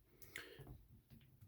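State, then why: Seated. The folding toe of a Colt prototype rifle buttstock, from the 2011/2012 prototypes for India's MCAR design evaluation, is folded up against the stock body. A sharp, short tick at 0.4 s marks the toe locking into place, followed by faint handling noise. The stock folds to meet the Indian program requirement for a folding stock.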